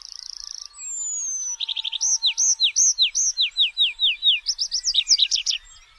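Tree pipit song: a thin high buzz, a falling whistle, then a loud run of repeated downslurred notes ending in quick trilled phrases.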